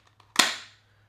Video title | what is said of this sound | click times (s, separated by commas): NEEDS SOME IMPROVEMENT!! - Torras Ostand R for iPhone 16 Pro Max | solid solid click onto the case that TPU material over here | 0.4 s